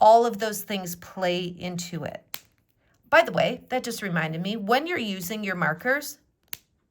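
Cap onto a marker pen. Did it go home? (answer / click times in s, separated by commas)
yes / 6.5 s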